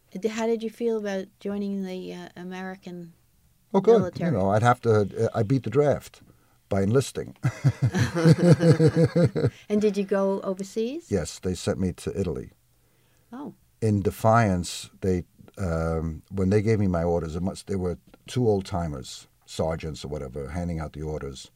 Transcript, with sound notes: How did you feel about joining the American military?
Good! I beat the draft, by enlisting! [Laughs]
And did you go overseas?
Yes, they sent me to Italy.
Oh!
In defiance, they — when they gave me my orders, there were two old-timers, sergeants or whatever, handing out the orders.